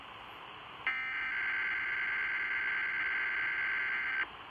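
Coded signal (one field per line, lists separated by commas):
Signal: Emergency Alert System (SAME) tones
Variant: header bursts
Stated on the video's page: Required weekly tests received on NOAA Weather Radio.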